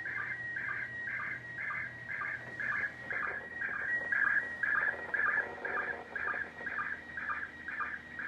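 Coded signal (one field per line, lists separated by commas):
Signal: SSTV (slow-scan television)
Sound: rhythmic warbling tone bursts about twice per second, with a steady whistle between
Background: radio static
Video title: 12-27-2024 - SSTV - ISS - YAESU FT-991-A - MMSSTV - On the Air with #va3ewv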